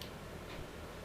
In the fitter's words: once you hear that click that means they lock in position and